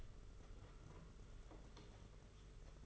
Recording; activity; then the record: daily activity, microphone in the room; open door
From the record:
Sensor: 4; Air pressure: 992.4 hPa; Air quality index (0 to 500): 111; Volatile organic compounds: 20 ppm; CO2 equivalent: 2680 ppm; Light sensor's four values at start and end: 21/74/26/28 and 21/72/26/28